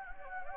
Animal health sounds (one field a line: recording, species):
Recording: mosquito wingbeat signal from an infrared sensor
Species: Anopheles gambiae